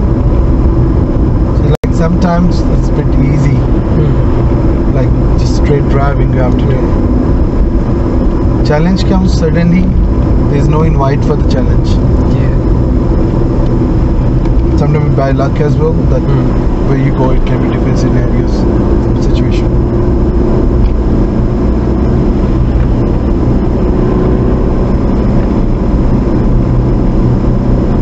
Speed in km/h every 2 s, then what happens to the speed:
52, 53, 56, 55, 53, 47, 44, 42, 45, 47, 48, 48, 48, 50.
0-5 steady at about 53. 5-12 slows to 44. 12-28 steady at about 47.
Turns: none.